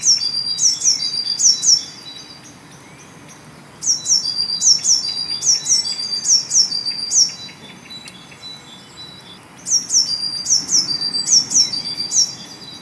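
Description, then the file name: Eurasian blue tit: high, piercing notes of a Eurasian blue tit, each dropping in pitch, strung into three fast sequences with short silences between them. "Cyanistes caeruleus"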